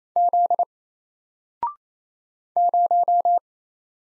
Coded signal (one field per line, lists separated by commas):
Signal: Morse code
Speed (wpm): 27 wpm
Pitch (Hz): 700 Hz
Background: none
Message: Z 0